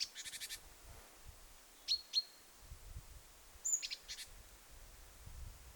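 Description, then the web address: Great tit calls: a quick dry rattle opens, followed by a few thin high chips and another brief buzzy burst, with faint low rumbling underneath. Young bird, recorded 21 July 2026. "paivat 21 7 2026 kuvien nuori talitiainen aantelee"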